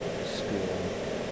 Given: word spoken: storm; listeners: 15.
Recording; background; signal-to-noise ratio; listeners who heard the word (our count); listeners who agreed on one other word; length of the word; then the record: one English word in noise, from a listening test; speech-shaped noise; -4.5 dB; 0 of 15; 6 of 15; 0.92 s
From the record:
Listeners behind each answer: 6, 3, 2, 1, 1, 1, 1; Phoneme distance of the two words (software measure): 20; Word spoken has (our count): 1 syllable, 4 phonemes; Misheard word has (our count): 1 syllable, 4 phonemes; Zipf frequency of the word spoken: 4.46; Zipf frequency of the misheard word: 2.79